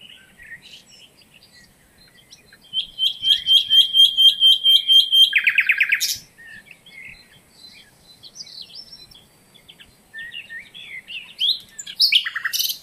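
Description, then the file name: Common nightingale song: a long run of rapid repeated whistled notes, a sudden buzzy burst, then softer varied chirps and another loud rattling phrase. "Luscinia megarhynchos"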